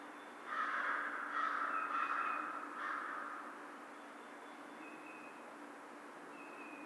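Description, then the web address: American crow giving several soft, blurred, drawn-out caws, with faint thin high tones in the background. Recorded 2010-03-02. "Crow 2010 03 02 American Crow"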